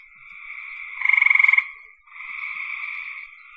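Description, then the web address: Frog giving a single loud, rapid pulsed rattle of about half a second, set against softer continuous trilling from other frogs. "cn frogs"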